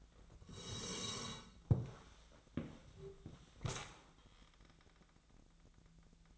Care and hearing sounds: daily activity, microphone in the room; sit down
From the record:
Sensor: 3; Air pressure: 1000.4 hPa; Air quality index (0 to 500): 171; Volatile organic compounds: 3 ppm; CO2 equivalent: 1489 ppm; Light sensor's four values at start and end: 14/32/14/14 and 14/32/14/14

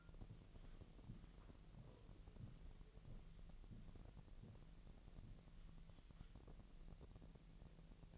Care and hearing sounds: daily activity, microphone in the room; walk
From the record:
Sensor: 4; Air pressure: 1002.9 hPa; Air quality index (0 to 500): 248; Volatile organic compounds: 27 ppm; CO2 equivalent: 2889 ppm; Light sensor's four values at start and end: 8/17/7/7 and 8/17/7/7

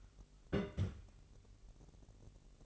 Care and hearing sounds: daily activity, microphone in the room; place on stove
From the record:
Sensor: 4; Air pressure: 1002.9 hPa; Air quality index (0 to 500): 235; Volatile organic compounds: 10 ppm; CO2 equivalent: 2207 ppm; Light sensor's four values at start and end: 7/15/6/6 and 7/15/6/6

